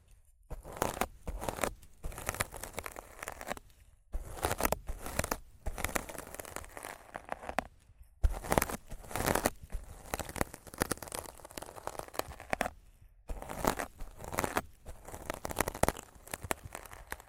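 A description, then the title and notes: Rough scratching and brushing on a microphone, dense crackly bursts in uneven bouts with brief silent pauses, loud sharp scrapes near 8 seconds. ASMR Rough Mic Scratching & Brushing (No Talking).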